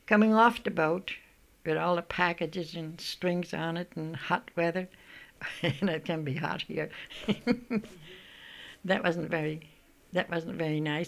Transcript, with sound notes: Coming off the boat with all the packages and strings on it in hot weather. ( she laughs ) It can be hot here. That wasn't very, that wasn't very nice.